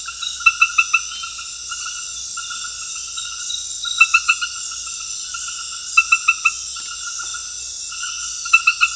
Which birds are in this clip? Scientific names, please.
none